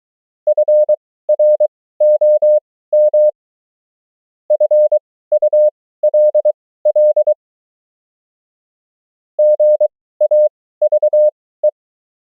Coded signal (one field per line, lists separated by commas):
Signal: Morse code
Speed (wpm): 23 wpm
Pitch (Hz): 600 Hz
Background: none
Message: FROM FULL GAVE